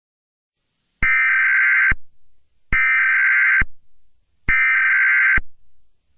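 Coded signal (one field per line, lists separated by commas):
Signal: Emergency Alert System (SAME) tones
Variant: header bursts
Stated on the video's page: Simulated EAS scenario, not a real alert.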